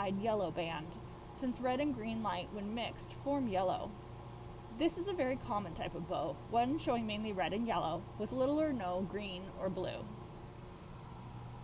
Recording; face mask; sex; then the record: reading aloud; surgical mask; female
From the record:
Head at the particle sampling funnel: not facing it